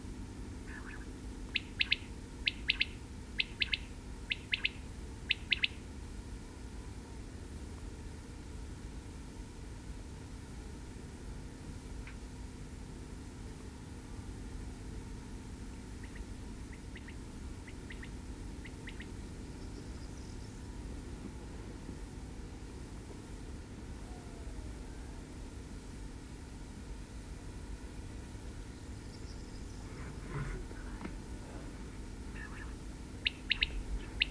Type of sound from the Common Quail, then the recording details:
call. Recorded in the wild. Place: Seedorf, Insel Rügen, Mecklenburg-Vorpommern, DE. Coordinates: 54.352, 13.654. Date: 1971-07-22 21:00. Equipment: Nagra III BH, Sennheiser MD 21, parabola. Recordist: Schubert, Michael